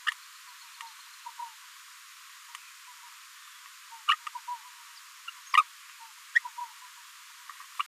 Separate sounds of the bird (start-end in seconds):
1.25-1.30, 1.39-1.45, 4.08-4.16, 4.35-4.38, 4.47-4.56, 5.28-5.30, 5.52-5.63, 6.34-6.39, 6.45-6.48, 6.58-6.65, 7.79-7.82